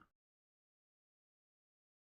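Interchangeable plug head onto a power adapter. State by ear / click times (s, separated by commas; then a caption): not seated / none. An interchangeable plastic plug head is being slid onto the power adapter of a Minix Z300 fanless mini PC, making a brief broadband scraping sound in the first 0.15 seconds before the clip falls silent. Nothing has seated or clicked into place yet.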